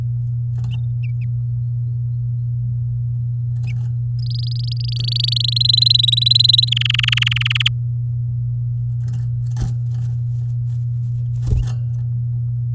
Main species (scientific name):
Serinus canaria